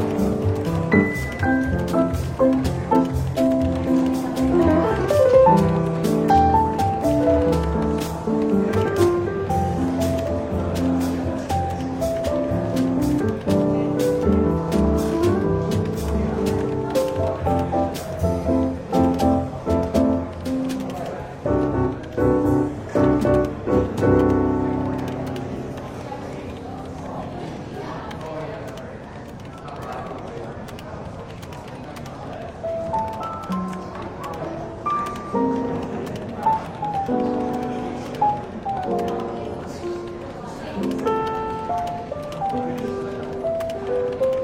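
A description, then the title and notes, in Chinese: A London bookshop café with soft, easy jazz playing under a light murmur of chatter. The music moves in clear steady notes, fuller and busier for the first twenty seconds, then thins and quiets before picking up a little again near the end. 伦敦书店咖啡馆轻微喧闹氛围与柔和轻松的爵士背景音乐。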